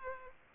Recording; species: mosquito wingbeat signal from an infrared sensor; Culex pipiens